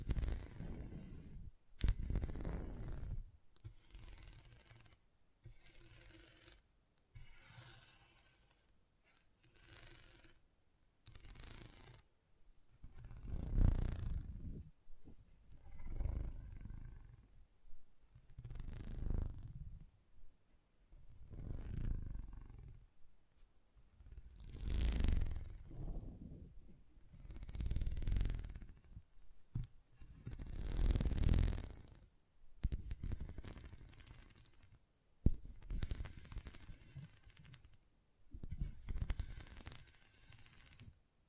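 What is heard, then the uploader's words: Magnetic tingles arrive as a run of swelling scrapes and rustles, each lasting a second or two with short quiet gaps between. Sharp clicks mark the first few seconds, and soft low thumps join the busier stretch from about 24 to 32 seconds. ASMR Intense Magnetic Tingles (No Talking).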